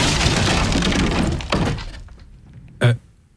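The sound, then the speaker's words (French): A saw blade snaps with a loud crack amid harsh grinding noise, which fades off before a single heavy thunk lands near the end. “La scie s'est cassée.”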